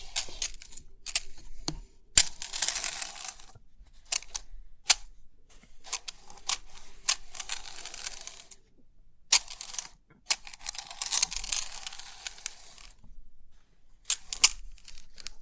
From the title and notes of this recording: Crisp 3D Pin Art Tingles(No Talking).